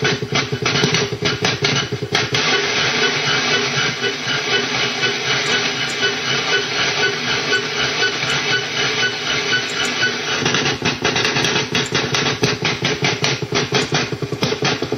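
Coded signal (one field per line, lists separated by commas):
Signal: radar signal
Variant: over-the-horizon radar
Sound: harsh rapid tapping buzz, about ten pulses a second, over loud hiss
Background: radio static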